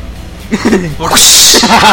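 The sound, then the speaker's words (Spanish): A sharp whip-crack sound effect bursts in with a hissing, noisy tail, sandwiched between bits of a man's speech before and after it. “cada vez que digan Harpy va a ser un latigazo”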